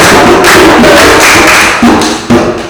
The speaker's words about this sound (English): Now, let's clap for ourselves because we prayed and dancing. 1, 2, 3, go.